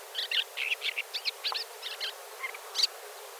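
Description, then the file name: Isabelline shrike uttering quick bursts of harsh, buzzy chatter mixed with thin squeaks, ending in a sharp high note. "Golosa ptic - Bulanyj zhulan Lanius isabellinus"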